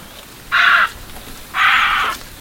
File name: Ardea purpurea - Purple Heron